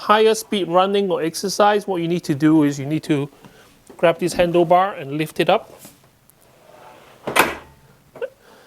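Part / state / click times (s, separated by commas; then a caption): folding handlebar in a treadmill frame / seated / 7.3 s. Someone talks while the folding handlebar frame of a KEEP FUN Mini Change 2 in 1 Folding Treadmill is grabbed and lifted up for higher-speed running or exercise. Its metal joints lock into the raised position with a sharp click at 7.3 s, and the handlebar ends up locked upright.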